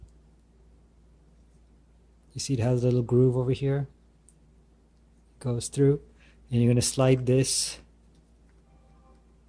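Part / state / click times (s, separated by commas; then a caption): bicycle light into its handlebar mount / not seated / none. A plastic Te-Rich bicycle light is handled at its handlebar mount, lined up with the mount's groove to be slid in. Someone talks in bursts while faint, sharp ticks come through in the quiet gaps. Nothing has seated or clicked yet.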